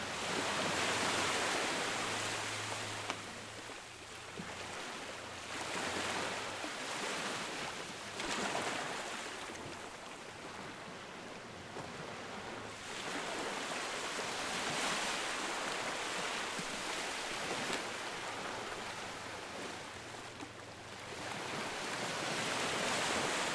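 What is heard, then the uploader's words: Calm ocean waves wash onto the shore and draw back in a steady, unhurried rhythm, each surge building for a few seconds before easing off. The hiss is dense and fairly bright. A faint low hum sits underneath at times. Calm ocean waves coming to shore and leaving.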